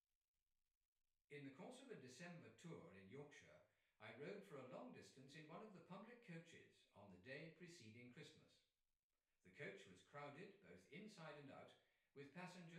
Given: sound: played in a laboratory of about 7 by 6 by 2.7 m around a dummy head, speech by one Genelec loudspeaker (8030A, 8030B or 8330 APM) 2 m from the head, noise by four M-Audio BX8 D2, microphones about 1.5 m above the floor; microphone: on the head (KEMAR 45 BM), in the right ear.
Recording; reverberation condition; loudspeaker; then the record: male speech in English; medium; 150 degrees to the left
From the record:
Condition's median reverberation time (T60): about 510 ms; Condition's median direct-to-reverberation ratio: about -0.5 dB